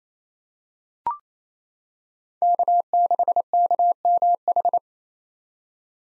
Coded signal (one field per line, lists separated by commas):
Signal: Morse code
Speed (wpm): 28 wpm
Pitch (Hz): 700 Hz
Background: none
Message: K6KMH